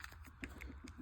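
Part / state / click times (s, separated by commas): plastic panel tab into the figure's body slot / not seated / none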